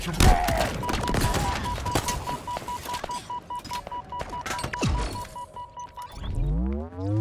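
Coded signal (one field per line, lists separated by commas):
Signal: none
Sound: game's beeping sounds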